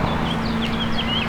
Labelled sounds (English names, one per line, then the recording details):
House Finch song
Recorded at West Islip on Long Island, New York, on 18 May 2013
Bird L